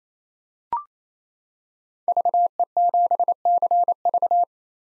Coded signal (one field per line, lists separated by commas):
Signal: Morse code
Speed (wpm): 28 wpm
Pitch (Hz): 700 Hz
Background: none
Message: VE7CV